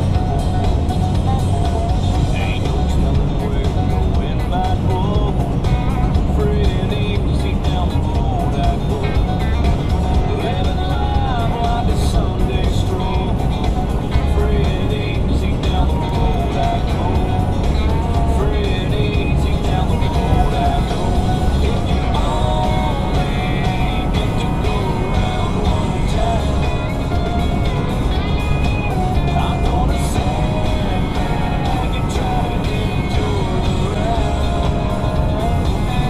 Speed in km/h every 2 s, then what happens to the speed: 138, 138, 137, 137, 138, 140, 142, 142, 142, 143, 145, 145, 143, 143, 143, 143, 143, 142.
0-36 steady at about 142.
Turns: none.